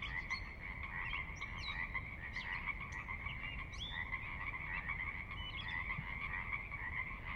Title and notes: Sinlahekin Valley midnight. the ever-present Pacific Chorus Frogs that are a fixture of the Northwest Soundscape